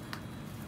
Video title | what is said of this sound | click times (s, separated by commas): How to Pack Your Own Silica Gel Cartridges for Automated Flash Purification WITHOUT Spending $1200 | Hear that click? | 0.1 s